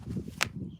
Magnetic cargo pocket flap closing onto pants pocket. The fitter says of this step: and it locks into place all right so super super nice